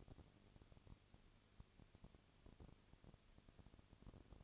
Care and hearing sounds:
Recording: daily activity, microphone in the room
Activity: no activity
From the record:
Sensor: 4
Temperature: 22.3 degrees Celsius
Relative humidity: 32.8%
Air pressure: 1002.0 hPa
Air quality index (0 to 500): 185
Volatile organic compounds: 4 ppm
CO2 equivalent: 1631 ppm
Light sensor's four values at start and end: 2/3/1/1 and 2/3/1/1

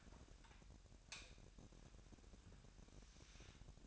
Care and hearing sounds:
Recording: daily activity, microphone in the room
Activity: light on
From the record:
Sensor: 2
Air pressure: 1011.8 hPa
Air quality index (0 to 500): 219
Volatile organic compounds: 4 ppm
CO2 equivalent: 1543 ppm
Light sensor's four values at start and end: 12/27/12/12 and 16/45/18/18

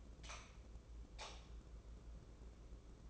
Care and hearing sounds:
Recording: daily activity, microphone in the room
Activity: light on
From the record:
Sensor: 1

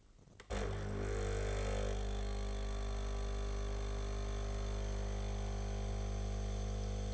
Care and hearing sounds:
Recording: daily activity, microphone in the room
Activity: make coffee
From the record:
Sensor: 4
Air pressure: 1008.2 hPa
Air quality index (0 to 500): 106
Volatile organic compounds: 1 ppm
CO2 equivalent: 787 ppm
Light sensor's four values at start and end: 8/18/7/7 and 10/22/9/9

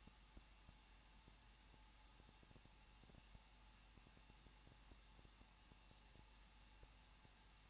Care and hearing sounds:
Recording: daily activity, microphone in the room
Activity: no activity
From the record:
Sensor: 1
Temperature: 20.1 degrees Celsius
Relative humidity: 39.1%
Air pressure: 1006.5 hPa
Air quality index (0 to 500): 216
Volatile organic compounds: 72 ppm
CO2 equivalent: 3541 ppm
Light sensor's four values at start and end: 1/2/1/1 and 1/2/1/1

